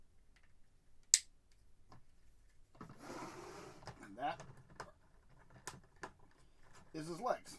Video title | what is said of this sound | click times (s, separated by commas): Transformers Rise of The Beast Voyager class 2023 Rhinox | you're going to hear snap | 1.1 s